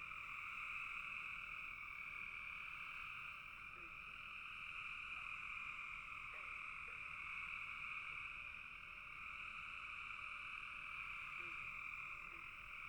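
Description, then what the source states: Frogs in full chorus, a continuous high trill, dotted with scattered short low chirps every few seconds. Frogs calling in a bog.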